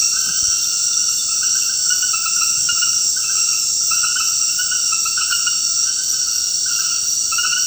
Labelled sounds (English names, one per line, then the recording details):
none
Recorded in dense forest near Puerto Asís, Putumayo, Colombia, on 20 February 2024 at 22:00
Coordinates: 0.472, -76.329
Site G6394